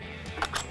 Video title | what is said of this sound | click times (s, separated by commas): November 13th, 2021 Full Show - Law Enforcement Youth Hunt, Archery Hunting, Hunters for the Hungry | and down until it clicks there you go | 0.4 s